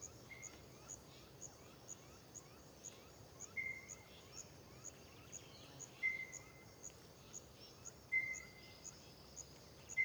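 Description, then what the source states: Bird song: short, flat, insect-like whistled notes repeated about every two seconds, over steady high pulsing cricket chirps. Cricket-like song recorded in Terra Ronca park at dawn, with crickets calling.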